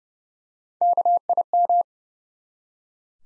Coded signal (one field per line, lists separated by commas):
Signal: Morse code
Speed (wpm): 32 wpm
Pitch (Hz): 700 Hz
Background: none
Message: KIM